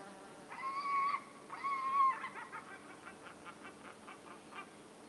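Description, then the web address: Gull calls: two drawn-out harmonic wailing notes, then a run of shorter, quicker notes, over a quiet, faintly hissing background. Recorded in a quiet countryside forest setting. "sonniss gdc audio. countryside quiet forest bird gull call"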